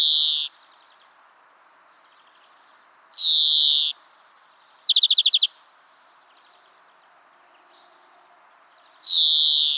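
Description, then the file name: European greenfinch giving long harsh wheezy buzzes, with one short burst of fast metallic twittering between two of them. "Chloris chloris"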